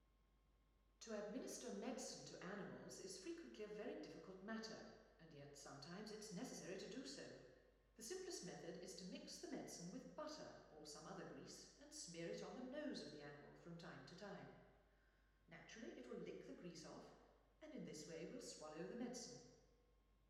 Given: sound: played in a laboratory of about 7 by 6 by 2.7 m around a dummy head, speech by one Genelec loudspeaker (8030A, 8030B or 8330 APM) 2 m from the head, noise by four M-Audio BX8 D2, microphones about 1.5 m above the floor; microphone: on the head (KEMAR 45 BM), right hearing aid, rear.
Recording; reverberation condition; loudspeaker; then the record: female speech in English; high; 60 degrees to the right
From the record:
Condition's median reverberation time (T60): about 1300 ms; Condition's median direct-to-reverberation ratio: about -4.0 dB